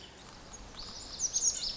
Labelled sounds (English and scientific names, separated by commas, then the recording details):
Lazuli Bunting (Passerina amoena)
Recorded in Sonoma County, California